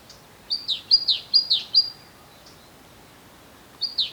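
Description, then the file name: Great tit song: a quick run of about six high, sharply dropping notes, then a pause and two more notes at the very end. "Parus major"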